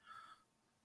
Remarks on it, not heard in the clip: I'm wheezing like crazy right now for some reason. That's the problem with asthmatics.